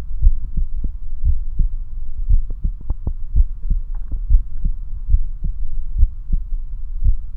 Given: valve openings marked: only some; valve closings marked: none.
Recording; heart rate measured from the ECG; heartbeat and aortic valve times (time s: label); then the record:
heart sounds by stethoscope; 62 bpm
0.24 s: heartbeat (ECG mark)
0.30 s: aortic valve opens (echo mark)
1.26 s: heartbeat (ECG mark)
2.31 s: heartbeat (ECG mark)
2.36 s: aortic valve opens (echo mark)
3.37 s: heartbeat (ECG mark)
3.43 s: aortic valve opens (echo mark)
4.31 s: heartbeat (ECG mark)
4.38 s: aortic valve opens (echo mark)
5.11 s: heartbeat (ECG mark)
6.00 s: heartbeat (ECG mark)
7.06 s: heartbeat (ECG mark)
7.11 s: aortic valve opens (echo mark)
From the record:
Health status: healthy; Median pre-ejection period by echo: 58 ms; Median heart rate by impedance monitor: 62 bpm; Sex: male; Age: 21 years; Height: 174 cm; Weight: 70 kg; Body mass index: 23.12